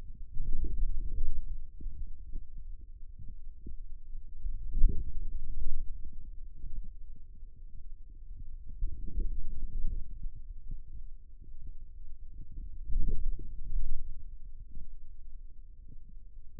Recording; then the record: forearm muscle sounds (acoustic myography)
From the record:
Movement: outward rotation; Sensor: system 2, bracelet of six BSWA MPA416 microphones around the upper forearm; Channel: 4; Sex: male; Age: 22 years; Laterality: right